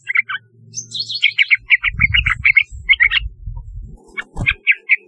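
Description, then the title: Yellow-vented bulbul singing a lively run of short chirpy notes in quick bursts, with low rumbling noise underneath. "Trucukan"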